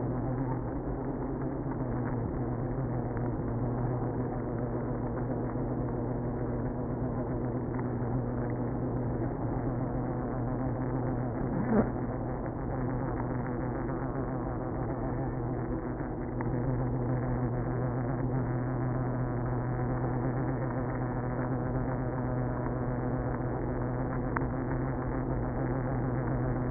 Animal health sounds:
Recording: honeybee colony, microphone inside the hive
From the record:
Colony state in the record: queenless (queen removed)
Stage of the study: after two queens were removed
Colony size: about 60,000 bees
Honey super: yes

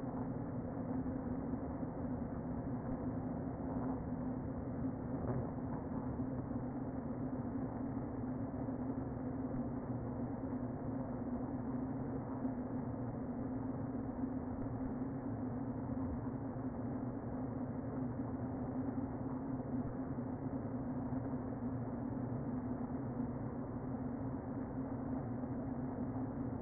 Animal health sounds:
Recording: honeybee colony, microphone inside the hive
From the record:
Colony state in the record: queen present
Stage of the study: before two queens were removed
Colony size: about 60,000 bees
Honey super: yes

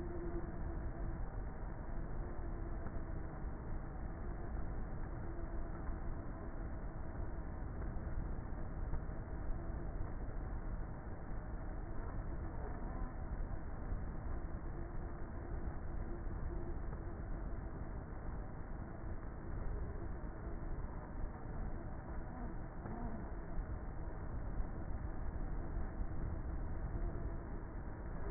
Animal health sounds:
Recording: honeybee colony, microphone inside the hive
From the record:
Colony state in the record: queenless with a low population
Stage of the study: before two queens were removed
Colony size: about 30,000 bees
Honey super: no

